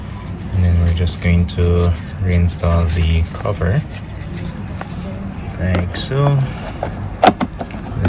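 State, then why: Seated. Someone talks while pressing the plastic air filter cover back onto a Wen 56235i portable inverter generator, after reinstalling the air filter once it has dried. Sharp click hits ring out at 7.4 s and 8.1 s as the cover snaps into place and seats.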